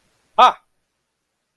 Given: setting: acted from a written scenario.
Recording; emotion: vocal sound without words; fear